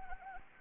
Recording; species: mosquito wingbeat signal from an infrared sensor; Anopheles arabiensis